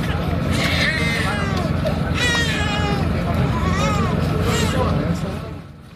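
Repeated high-pitched wails with rising and falling pitch come through over heavy outdoor rumble, traffic and crowd noise. It is a nine-month-old infant crying vigorously after being pulled from rubble together with the mother by a U.S. rescue team; both had only minor injuries.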